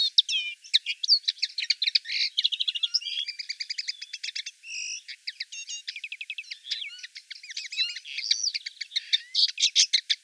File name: konoplyanka obyknovennaya golos